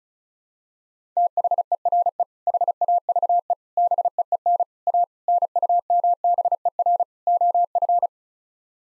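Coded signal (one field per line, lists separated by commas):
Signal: Morse code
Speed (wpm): 36 wpm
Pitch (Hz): 700 Hz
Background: none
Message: THERE HAVE BEEN A NUMBER OF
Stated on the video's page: Head-copy practice: six-word common English phrases sent in Morse at 35 wpm, each sent, then spoken, then sent again.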